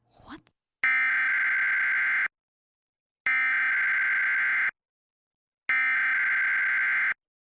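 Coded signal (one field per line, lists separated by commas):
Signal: Emergency Alert System (SAME) tones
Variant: header bursts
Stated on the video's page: Fictional emergency alert interrupting a radio talk show.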